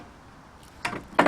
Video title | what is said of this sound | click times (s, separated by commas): Ridgid Compact Table Saw with Folding Stand Home Depot Brand (Review and Demo) | Locks in place. | 0.8 s, 1.2 s